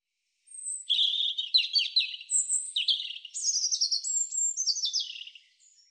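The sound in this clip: European robin song: a long run of high, thin, tinkling phrases, whistles and trills shifting abruptly in pitch over about five seconds, with no other sounds.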